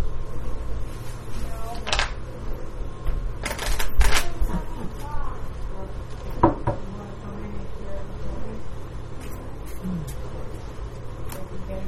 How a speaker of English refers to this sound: So I shuffle. Well, I shuffled and dealt, but oh, okay.